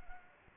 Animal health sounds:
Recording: mosquito wingbeat signal from an infrared sensor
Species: Anopheles arabiensis

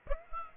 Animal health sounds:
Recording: mosquito wingbeat signal from an infrared sensor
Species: Aedes aegypti

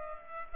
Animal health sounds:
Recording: mosquito wingbeat signal from an infrared sensor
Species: Culex pipiens

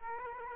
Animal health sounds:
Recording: mosquito wingbeat signal from an infrared sensor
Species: Aedes aegypti

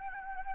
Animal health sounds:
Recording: mosquito wingbeat signal from an infrared sensor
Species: Anopheles gambiae

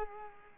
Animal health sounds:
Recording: mosquito wingbeat signal from an infrared sensor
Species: Culex pipiens

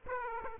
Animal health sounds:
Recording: mosquito wingbeat signal from an infrared sensor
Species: Aedes aegypti

